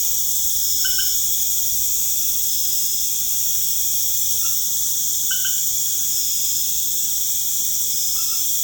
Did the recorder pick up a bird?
no